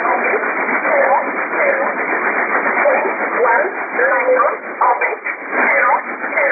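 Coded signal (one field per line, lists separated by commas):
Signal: numbers station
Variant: E11 Oblique, English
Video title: 09 12 2017 Numbers station E11 Oblique in English to Eu 0805 on 7377 unknown tx site in USB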